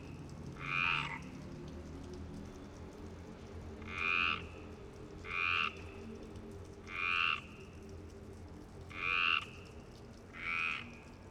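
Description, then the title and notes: Frog giving short rasping croaks in several separate bursts, irregularly spaced. Frogs in Parc Longchamp, Marseille, Provence-Alpes-Côte d'Azur, France, 26 March 2011 at 19:35, recorded with a MixPre-6 and Basic UCHO. "Marseille, Provence-Alpes-Côte d'Azur, France - 26_03_11_19_35 Longchamps_004 grenouilles. Grenouilles au parc de Longchamp MIXPRE 6 + BASIC UCHO"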